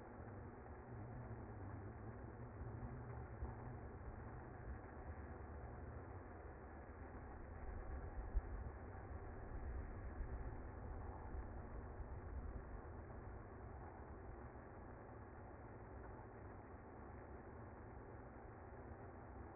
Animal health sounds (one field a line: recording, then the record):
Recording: honeybee colony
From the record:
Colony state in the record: active